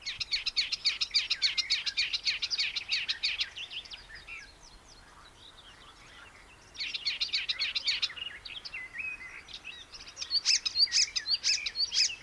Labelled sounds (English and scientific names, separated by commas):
Icterine Warbler (Hippolais icterina) song